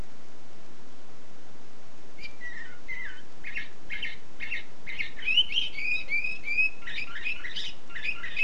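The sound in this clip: Canary song starting after two quiet seconds, with repeated chirped notes building into fast trills and whistled gliding phrases.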